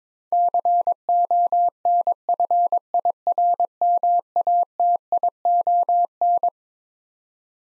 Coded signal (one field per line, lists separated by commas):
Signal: Morse code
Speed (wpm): 22 wpm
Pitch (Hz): 700 Hz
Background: none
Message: CONFIRMATION